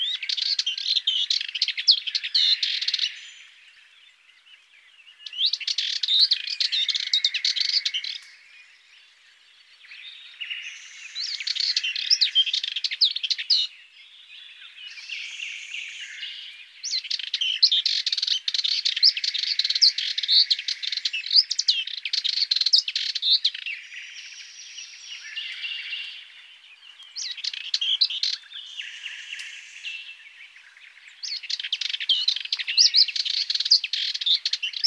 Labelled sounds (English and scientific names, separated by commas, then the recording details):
Sardinian Warbler (Sylvia melanocephala) song
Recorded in the wild
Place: St. Laurent des Arbres und Umgebung/Combine, FR
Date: 2008-05-13
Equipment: MiniDisc Sharp MT 20 H
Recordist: Schwarz, Dieter
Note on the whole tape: Song